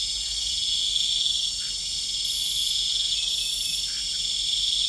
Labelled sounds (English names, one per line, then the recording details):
none
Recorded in pastures near Puerto Asís, Putumayo, Colombia, on 20 December 2024 at 20:00
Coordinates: 0.472, -76.329
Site G072